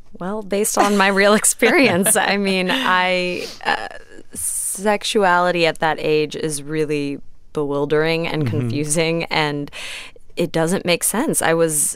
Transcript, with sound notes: Well, based on my real experience.
(Laughter).
I mean, I - sexuality at that age is really bewildering and confusing. And it doesn't make sense.